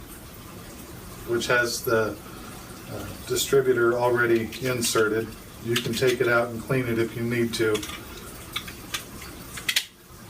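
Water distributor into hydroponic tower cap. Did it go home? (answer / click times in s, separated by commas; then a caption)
yes / 9.7 s, 9.8 s. Someone talks while a plastic water distributor, shown to be removable for cleaning, is pushed back into the plastic cap of a hydroponic tower. A couple of light taps come first, then the distributor snaps in with sharp clicks at 9.7 s and 9.8 s and stays seated.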